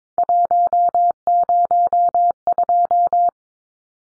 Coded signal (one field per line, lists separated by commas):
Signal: Morse code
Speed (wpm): 22 wpm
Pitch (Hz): 700 Hz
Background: none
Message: 102